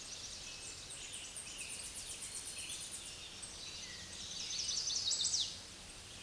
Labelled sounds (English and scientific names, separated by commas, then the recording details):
Chestnut-sided Warbler (Setophaga pensylvanica) song
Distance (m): 15 m
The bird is about 5 m above the microphone
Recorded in a Pennsylvania forest on 16 May 2024 at 06:30
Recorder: AudioMoth, point MSD-0178
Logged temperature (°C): 15.3 °C
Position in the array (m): 79 m, 68 m